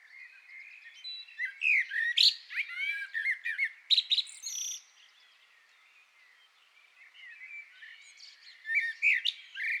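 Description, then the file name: Common blackbird song: mellow low warbles rising into thin, squeaky twittering flourishes, then a long lull before a fresh phrase begins near the end. "Turdus merula"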